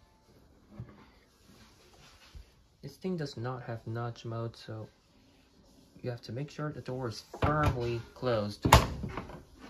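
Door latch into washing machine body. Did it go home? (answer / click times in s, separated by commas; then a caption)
yes / 9.2 s. Someone talks while a washing machine door is pushed firmly closed, which is needed because the machine has no nudge mode. A single sharp click is heard at 9.2 s as the door latch catches in the washing machine body, and the door is seated shut.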